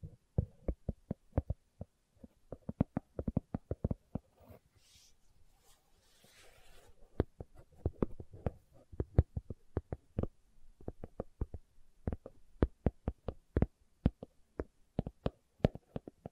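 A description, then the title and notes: Slow, crisp tapping, mostly single taps with a few quick double or triple bursts, spaced irregularly across the clip. Around the fourth to seventh second the tapping pauses for a soft, airy rustle before resuming. ASMR Slow Tapping for Deep Sleep (No Talking).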